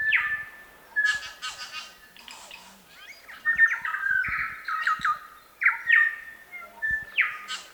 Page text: Chris Benesh - Медосос-колокольчик, или Макомако (Anthornis melanura)